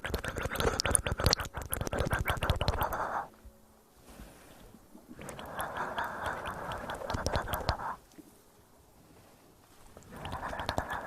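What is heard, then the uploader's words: Wet, clicking mouth sounds come in three dense bursts, at the start, from about five to eight seconds, and again near the end, full of rapid smacks and pops. Between bursts there are quiet pauses with only faint breathy rustle. Hand Sounds & Movements, Mouth Sounds.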